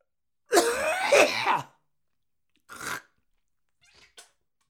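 A long, rough, voiced hacking cough of about a second is followed by a shorter throaty burst, then faint wet pops like spitting. An acted sound effect of an adult coughing with spitting.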